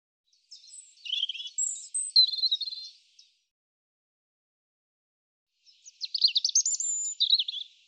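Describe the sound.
European robin song: two varied phrases of high, sweet twittering and thin trills, separated by a silent gap of over two seconds, the second cut off at the end.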